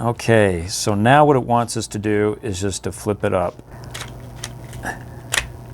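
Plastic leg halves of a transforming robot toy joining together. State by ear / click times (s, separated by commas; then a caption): seated / 5.4 s. Someone talks, then flips up the plastic leg part of a transforming robot toy, its pegs on one leg half aligned with the holes of the other. Two clicky hits come as it is flipped, and the leg halves snap together and seat at 5.4 s.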